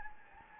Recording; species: mosquito wingbeat signal from an infrared sensor; Anopheles gambiae